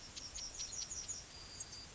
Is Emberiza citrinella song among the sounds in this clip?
yes